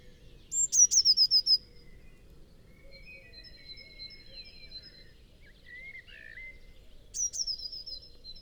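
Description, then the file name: Eurasian blue tit song: a high thin note dropping into a quick trill of about six notes, given twice, with faint twittering from other birds between phrases. "Cyanistes caeruleus"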